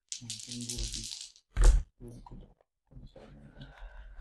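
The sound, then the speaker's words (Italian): Six-sided dice rattle and clatter across a surface in a quick series of knocks, rolled for damage during a Pathfinder tabletop game, with one louder burst partway through, while people murmur and talk quietly in the background. “I dadi si stanno scaricando.”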